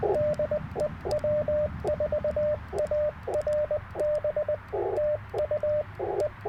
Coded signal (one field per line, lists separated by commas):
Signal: Morse code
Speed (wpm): 19 wpm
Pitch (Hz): 590 Hz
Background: radio noise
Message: DE W4ARB TU E